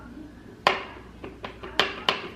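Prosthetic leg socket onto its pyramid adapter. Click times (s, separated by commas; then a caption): 0.7 s, 1.8 s. A prosthetic leg socket is fitted onto its pyramid adapter on the knee and pylon of an above-knee prosthesis. Sharp, hard clicks ring out at 0.7 s and 1.8 s, with fainter taps around 1.2 s and 1.5 s and another sharp click at 2.1 s. The socket seats in position on the adapter.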